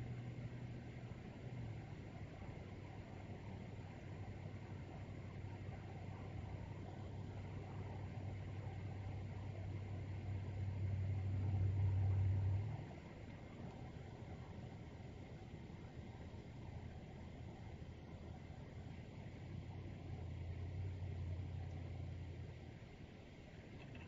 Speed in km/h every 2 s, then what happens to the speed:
96, 96, 96, 95, 95, 97, 88, 85, 83, 87, 87, 85.
0-11 steady at about 96. 11-14 brakes to 85. 14-24 steady at about 85.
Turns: none.